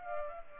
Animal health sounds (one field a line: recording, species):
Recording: mosquito wingbeat signal from an infrared sensor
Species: Culex pipiens